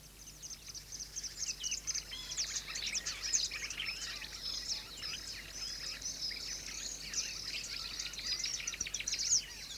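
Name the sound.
birds whistling and chirping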